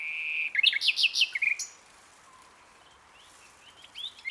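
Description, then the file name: Common nightingale song: a steady whistle leading into loud rapid notes, followed by quiet softer phrases. "Luscinia megarhynchos"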